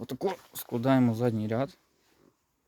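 Someone talks while starting to fold the rear seat row of an Audi Q7 4M SUV, with the seat backrest latch meant to lock into the seat frame. After the talking stops, only faint, soft handling sounds are heard around 2.1 to 2.3 seconds. Nothing has latched or clicked into place yet.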